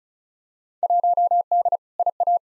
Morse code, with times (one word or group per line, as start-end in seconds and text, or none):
0.8-1.8 1D
2.0-2.4 IA